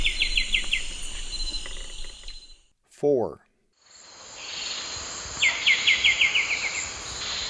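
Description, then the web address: White-winged becard giving two brief runs of quick whistled notes, one at the start and one later, with an insect chorus droning for most. Recorded in the eastern lowlands of South America. "Natures Songs S America Eastern Lowlands. White-winged Becard"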